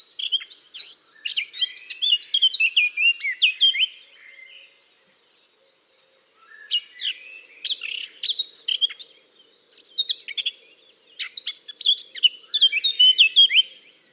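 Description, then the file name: Eurasian blackcap giving three lively warbling phrases of fast mixed chirps and whistles, each lasting a few seconds with brief silences between. "Sylvia atricapilla"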